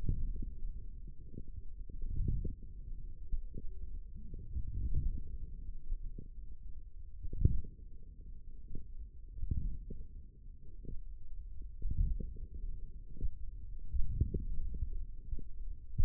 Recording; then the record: forearm muscle sounds (acoustic myography)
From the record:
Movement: forearm supination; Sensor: system 1, eight BSWA MPA416 microphones around the upper forearm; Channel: 1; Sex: male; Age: 20 years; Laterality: left